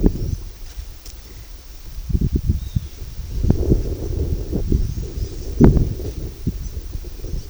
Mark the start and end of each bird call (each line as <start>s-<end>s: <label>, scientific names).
2.46s-3.01s: Rupornis magnirostris